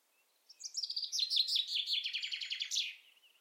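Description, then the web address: Common chaffinch song: a rapid run of repeated chirps descending in pitch over about two and a half seconds and closing with a flourish. "Deverinetal"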